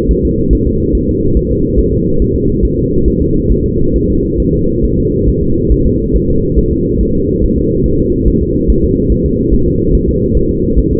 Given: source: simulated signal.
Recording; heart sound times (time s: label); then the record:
fetal heart sounds
0.11 s: S1
0.25 s: S2
0.53 s: S1
0.67 s: S2
0.95 s: S1
1.09 s: S2
1.37 s: S1
1.52 s: S2
1.80 s: S1
1.94 s: S2
2.22 s: S1
2.36 s: S2
2.65 s: S1
2.79 s: S2
3.08 s: S1
3.22 s: S2
3.52 s: S1
3.66 s: S2
3.96 s: S1
4.10 s: S2
4.40 s: S1
4.54 s: S2
4.84 s: S1
4.99 s: S2
5.29 s: S1
5.43 s: S2
5.72 s: S1
5.87 s: S2
6.16 s: S1
6.30 s: S2
6.59 s: S1
6.73 s: S2
7.01 s: S1
7.15 s: S2
7.44 s: S1
7.58 s: S2
7.86 s: S1
8.00 s: S2
8.28 s: S1
8.43 s: S2
8.70 s: S1
8.85 s: S2
9.12 s: S1
9.26 s: S2
9.54 s: S1
9.68 s: S2
9.95 s: S1
10.09 s: S2
10.37 s: S1
10.51 s: S2
10.79 s: S1
10.93 s: S2
From the record:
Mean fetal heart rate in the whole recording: 140 bpm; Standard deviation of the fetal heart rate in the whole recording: 2 bpm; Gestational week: 34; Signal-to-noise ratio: -15.3 dB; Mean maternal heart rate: 72 bpm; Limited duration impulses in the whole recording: present